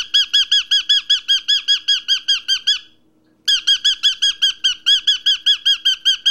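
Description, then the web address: A cockatiel repeats sharp, ringing chirps in a steady quick rhythm, pauses for about half a second, then resumes at the same pace. "papagali a korela"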